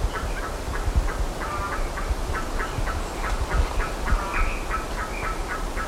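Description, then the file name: Bird calling in quick runs of short, harsh notes with a few drawn-out ringing ones, over a heavy low rumble of background noise. "SABIOD 50 bird 2015"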